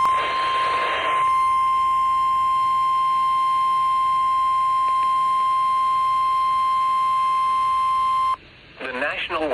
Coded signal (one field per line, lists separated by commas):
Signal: Emergency Alert System (SAME) tones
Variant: 1050 Hz attention tone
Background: speech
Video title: Severe Thunderstorm Watch 401 || EAS 282